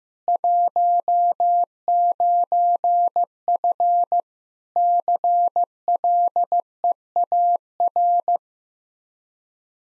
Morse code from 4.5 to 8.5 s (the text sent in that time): CLEAR